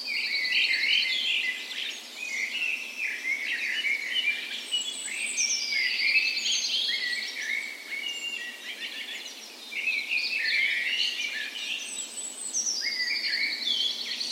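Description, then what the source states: Birds (dawn chorus): multiple birds sing together, warbles and trills overlapping, with faint continuous background noise. Dawn chorus in a park west in Bergen, Norway, on the morning of 17 May, Norway's National Day, in full spring; recorded with Sony PCM A10 and LOM Usi microphones as tree ears.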